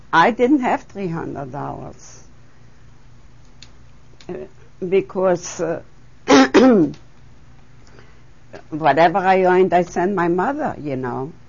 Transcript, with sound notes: I didn't have three hundred dollars, because ( she clears her throat ) whatever I earned I sent my mother, you know.